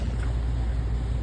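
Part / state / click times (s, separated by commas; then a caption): cleaning agent container into coffee machine needle holder / not seated / none. A plastic cleaning-agent container with its white cap pierced is being pushed down onto two needles in the needle holder of a Franke Cappuccino Model 1000 coffee machine, toward the lever it should rest on. Only a steady low rumble and broadband noise are heard, with no sharp transient. Nothing has seated or clicked yet.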